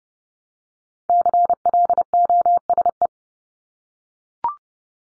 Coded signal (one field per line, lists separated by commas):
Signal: Morse code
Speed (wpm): 30 wpm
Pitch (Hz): 700 Hz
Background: none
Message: CLOSE